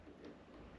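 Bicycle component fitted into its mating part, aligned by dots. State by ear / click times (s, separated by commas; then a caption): not seated / none. A bicycle component on a 2022 Vitus E-Sommet VRS mullet mountain bike being serviced is handled as its alignment dots are lined up with those on its mating part. Only low, steady handling noise and faint rustling are heard, with no sharp transients. Nothing has clicked or seated yet.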